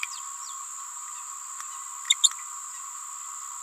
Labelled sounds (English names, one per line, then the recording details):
Green-rumped Parrotlet babbling
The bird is a female
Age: 28 days
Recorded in a nest box in Venezuela
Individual 17B31A3